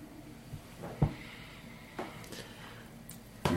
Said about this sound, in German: Entschuldigung. Was? Du sollst nicht so ins Mikro husten. Ich habe die Hand davor gehalten.